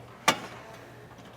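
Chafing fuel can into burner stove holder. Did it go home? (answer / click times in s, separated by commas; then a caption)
yes / 0.3 s. A chafing fuel can is placed into a metal burner stove holder and pushed until it locks into place. A single sharp click sounds at 0.3 s, followed by a brief fading tail and quiet background.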